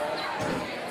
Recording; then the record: coughing mixed with background sound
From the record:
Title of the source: Spring Cold Coughing.